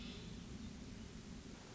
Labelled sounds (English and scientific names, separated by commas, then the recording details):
Hermit Thrush (Catharus guttatus)
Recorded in Sonoma County, California